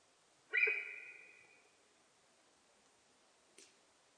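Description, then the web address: Sika deer's sharp, high whistle, lasting about a second and fading away, followed by quiet and one brief click. Japanese sika deer recorded in Japan on 4 November 2006. "2006 061104 nihonjika"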